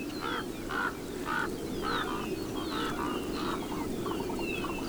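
Raven calls: a series of short harsh notes about twice a second over a steady background rumble.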